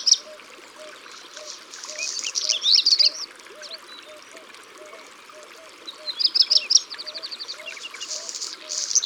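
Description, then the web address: Black redstart giving two song phrases of scratchy crackles and rapid high notes, with a steady low repeated pip in the background. "Rougequeue-noir abc-de-la-nature"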